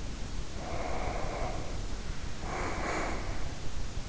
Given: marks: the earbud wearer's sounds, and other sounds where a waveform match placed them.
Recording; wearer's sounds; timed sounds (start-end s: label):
sounds in sleep by an in-ear microphone; breath
0.49-3.84 s: breath